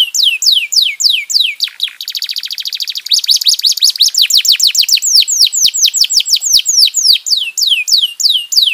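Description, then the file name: Domestic canary song with rhythmic falling sweeps, a dense rapid rattle in the middle, then a long series of quick sweeping whistles and light ticking. "kenari"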